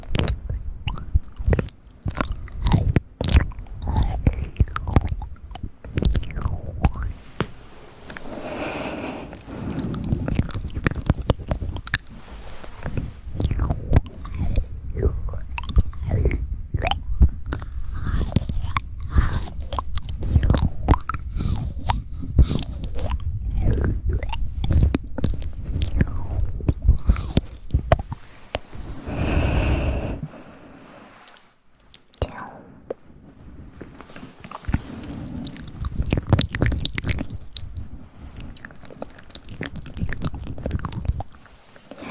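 Wet mouth sounds of stones and tongue stirring inside a mouth, with dense clicks, smacks and crunchy bites packed throughout. The churning stays busy, with a brief louder surge around thirty seconds, then a short quieter gap before it resumes.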